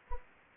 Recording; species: mosquito wingbeat signal from an infrared sensor; Anopheles gambiae